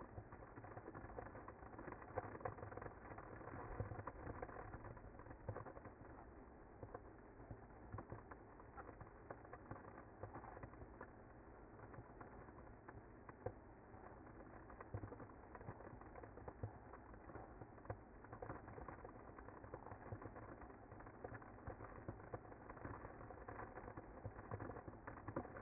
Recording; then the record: honeybee colony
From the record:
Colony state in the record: active